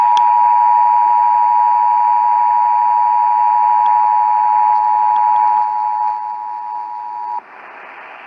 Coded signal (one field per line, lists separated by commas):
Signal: Emergency Alert System (SAME) tones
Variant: 853 and 960 Hz attention tone